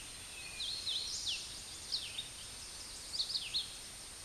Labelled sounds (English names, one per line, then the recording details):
Red-eyed Vireo song
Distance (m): 35 m
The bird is about 20 m above the microphone
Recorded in a Pennsylvania forest on 16 May 2024 at 08:31
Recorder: AudioMoth, point MSD-0398
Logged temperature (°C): 16.4 °C
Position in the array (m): 165 m, 72 m